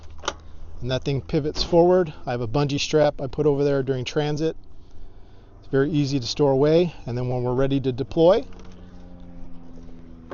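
Someone talks while a Minn Kota Talon 12' shallow water anchor, mounted on its pivoting metal tilt bracket on a pontoon boat, is handled from its stowed travel position, where a bungee strap holds it during transit, toward deployment. A brief sharp sound occurs near 0.3 s, over a low steady hum. The bracket has not yet snapped into its deployed position, and nothing has seated or clicked yet.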